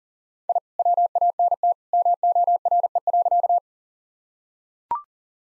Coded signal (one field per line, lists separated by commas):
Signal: Morse code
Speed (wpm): 39 wpm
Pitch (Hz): 700 Hz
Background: none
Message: I WANT MORE.